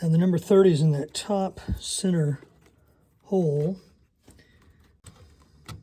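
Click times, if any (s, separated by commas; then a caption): none. Someone talks while handling a crimped spade terminal with a silicone seal, lining it up with the top center cavity (pin 30) of a relay/fuse box. A few faint handling ticks follow the speech, but nothing has seated or clicked into place yet.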